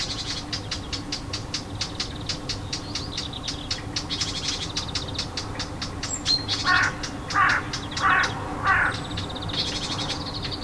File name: Fauvette cri d alarme 25 06 14